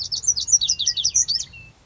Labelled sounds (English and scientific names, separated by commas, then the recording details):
Lazuli Bunting (Passerina amoena)
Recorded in Sonoma County, California